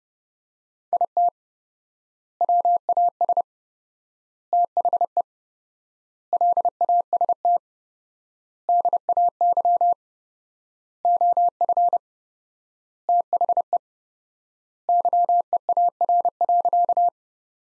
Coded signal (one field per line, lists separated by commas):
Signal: Morse code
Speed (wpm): 30 wpm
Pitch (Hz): 700 Hz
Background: none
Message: IT WAS THE LAST DAY OF THE YEAR.